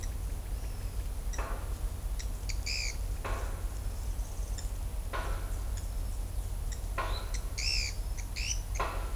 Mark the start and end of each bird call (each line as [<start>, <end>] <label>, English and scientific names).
[0.00, 0.13] Pale-eyed Pygmy Tyrant (Atalotriccus pilaris)
[1.29, 1.50] Pale-eyed Pygmy Tyrant (Atalotriccus pilaris)
[2.17, 2.94] Pale-eyed Pygmy Tyrant (Atalotriccus pilaris)
[4.54, 4.66] Pale-eyed Pygmy Tyrant (Atalotriccus pilaris)
[5.75, 5.83] Pale-eyed Pygmy Tyrant (Atalotriccus pilaris)
[6.68, 8.61] Pale-eyed Pygmy Tyrant (Atalotriccus pilaris)